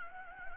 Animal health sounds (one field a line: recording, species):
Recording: mosquito wingbeat signal from an infrared sensor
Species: Anopheles gambiae